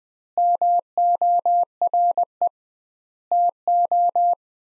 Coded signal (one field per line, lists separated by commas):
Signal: Morse code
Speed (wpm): 20 wpm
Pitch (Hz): 700 Hz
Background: none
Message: MORE TO